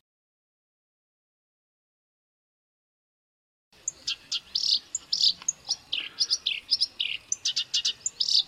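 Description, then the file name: Black-browed reed warbler song begins after a few seconds of silence: scratchy chirps and short whistles in an irregular run, with faint background hiss. Masteran song used for training songbirds. "suara kerakbasi alis hitam masteran"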